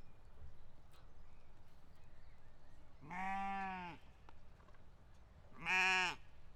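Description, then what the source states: Sheep giving two loud quavering bleats about two and a half seconds apart over a low background hum. Sheep in a pasture.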